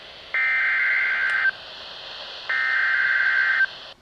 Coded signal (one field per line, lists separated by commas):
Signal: Emergency Alert System (SAME) tones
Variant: header bursts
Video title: SEVERE THUNDERSTORM WARNING (EAS ALERT 97)